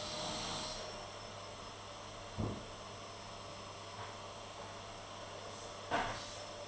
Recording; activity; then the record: daily activity, microphone in the room; vacuum cleaning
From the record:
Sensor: 4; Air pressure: 1010.4 hPa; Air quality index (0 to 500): 179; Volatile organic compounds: 5 ppm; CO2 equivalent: 1813 ppm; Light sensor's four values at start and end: 33/97/38/38 and 33/98/38/38